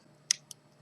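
The first display flex cable connector is pressed down onto its socket on an iPhone 5 logic board and snaps into place with a sharp click at 0.3 s. A fainter click follows at 0.5 s over a quiet background. The connector is seated.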